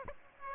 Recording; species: mosquito wingbeat signal from an infrared sensor; Aedes aegypti